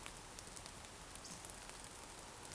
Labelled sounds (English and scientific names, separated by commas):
Eurasian Woodcock (Scolopax rusticola) whistle